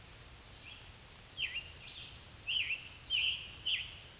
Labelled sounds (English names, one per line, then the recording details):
Scarlet Tanager song
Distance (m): 20 m
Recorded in a Pennsylvania forest on 1 June 2023 at 08:06
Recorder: AudioMoth, point grid3_35_low
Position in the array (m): 161 m, 143 m